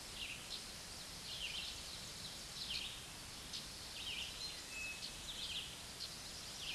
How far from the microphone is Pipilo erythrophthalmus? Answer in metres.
about 45 m